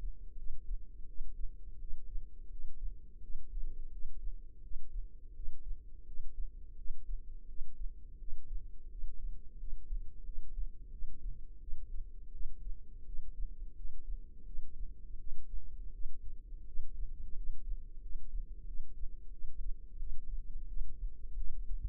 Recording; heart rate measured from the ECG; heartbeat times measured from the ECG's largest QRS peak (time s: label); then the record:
heart sounds by microphone in the left ear; 86 bpm
0.36 s: heartbeat
1.07 s: heartbeat
1.79 s: heartbeat
2.50 s: heartbeat
3.20 s: heartbeat
3.90 s: heartbeat
4.62 s: heartbeat
5.34 s: heartbeat
6.05 s: heartbeat
6.76 s: heartbeat
7.47 s: heartbeat
8.18 s: heartbeat
8.89 s: heartbeat
9.58 s: heartbeat
10.24 s: heartbeat
10.90 s: heartbeat
11.60 s: heartbeat
12.31 s: heartbeat
13.05 s: heartbeat
13.74 s: heartbeat
14.44 s: heartbeat
15.18 s: heartbeat
15.92 s: heartbeat
16.65 s: heartbeat
17.35 s: heartbeat
18.00 s: heartbeat
18.65 s: heartbeat
19.30 s: heartbeat
19.98 s: heartbeat
20.67 s: heartbeat
21.35 s: heartbeat
From the record:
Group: healthy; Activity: rest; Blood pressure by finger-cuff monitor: 89/49 mmHg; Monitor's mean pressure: 64 mmHg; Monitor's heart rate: 85 bpm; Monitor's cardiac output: 8.3 L/min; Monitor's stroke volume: 95 mL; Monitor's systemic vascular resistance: 550 dyn s/cm5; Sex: female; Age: 22 years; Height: 161 cm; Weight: 65.5 kg